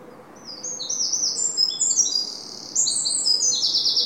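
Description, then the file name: Eurasian wren song, a loud, rapid outpouring of high tinkling notes and fast trills that runs almost without pause from about half a second to the end. "Troglodytes troglodytes"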